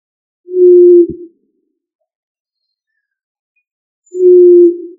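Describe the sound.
Pigeon cooing: two low, steady hooted notes, each under a second long and a few seconds apart, with silence in between.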